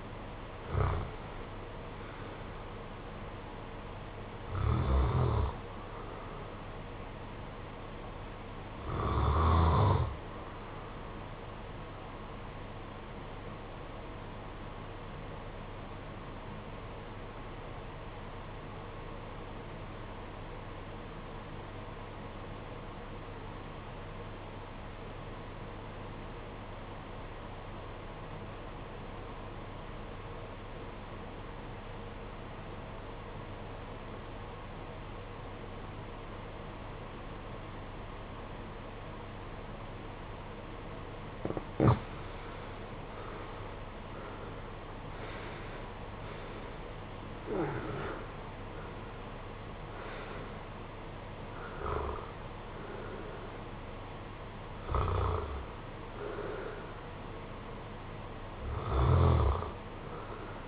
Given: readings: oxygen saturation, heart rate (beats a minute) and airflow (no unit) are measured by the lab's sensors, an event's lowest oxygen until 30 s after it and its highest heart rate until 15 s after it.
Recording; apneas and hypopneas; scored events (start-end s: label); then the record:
breathing in sleep by a voice recorder at the bedside; 1
13.00-43.20 s: obstructive apnea (REM, oxygen 94% highest, then 71% lowest, heart rate 61 at the start, 86 highest)
From the record:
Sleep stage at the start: REM sleep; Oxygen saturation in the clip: 66 to 94%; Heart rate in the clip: 51 to 90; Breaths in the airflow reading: 10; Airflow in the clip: -17.6 to 17.2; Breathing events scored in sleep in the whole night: 476 in 9.7 hours asleep